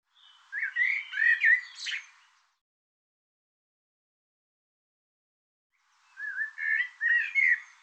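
Bird song: two bursts of quick chirping, warbled notes, each lasting about two seconds, separated by a long silent gap.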